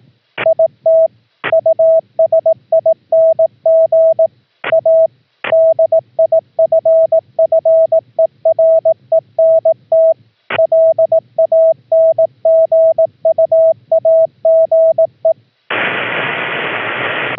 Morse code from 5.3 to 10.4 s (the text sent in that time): DIFFERENT